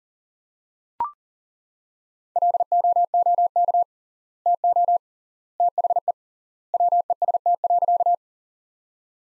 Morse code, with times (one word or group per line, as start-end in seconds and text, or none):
2.4-3.8 LOOK
4.5-5.0 TO
5.6-6.1 THE
6.7-8.1 WEST.